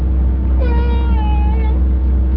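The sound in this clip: Whale call, a tonal moan that rises briefly then holds steady for about a second, set against a loud constant low rumble.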